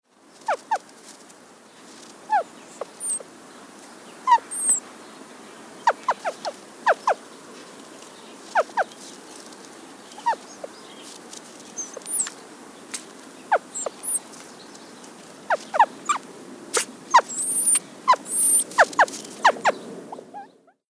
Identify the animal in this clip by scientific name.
Bonasa umbellus